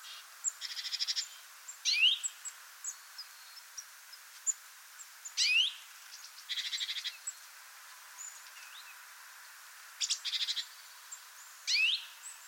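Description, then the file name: European greenfinch calls: three rising, sweeping notes with short buzzy rattling bursts between them, over soft background hiss. "Chloris chloris"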